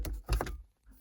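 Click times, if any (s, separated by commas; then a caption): none. The second plastic dome light lens of a 4G Eclipse is handled and pressed toward the headliner dome light housing, with short sharp plastic taps at about 0.1, 0.3, 0.4 and 0.5 seconds before it goes quiet. Nothing has seated or snapped in yet.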